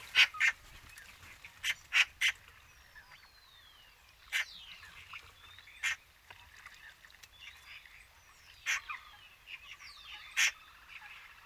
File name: Pica pica